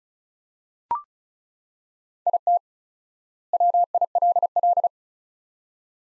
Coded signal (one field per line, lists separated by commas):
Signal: Morse code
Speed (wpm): 36 wpm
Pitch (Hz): 700 Hz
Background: none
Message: IT WILL